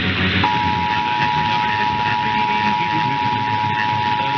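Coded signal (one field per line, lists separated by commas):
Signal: Emergency Alert System (SAME) tones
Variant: 853 and 960 Hz attention tone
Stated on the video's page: Recorded overnight monthly tests for Maryland and Nevada plus a radio station's weekly test.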